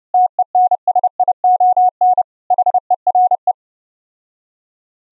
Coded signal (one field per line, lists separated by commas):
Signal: Morse code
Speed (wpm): 29 wpm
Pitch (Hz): 730 Hz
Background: none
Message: TENSION HERE